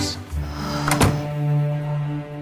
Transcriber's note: soundbite of door clicking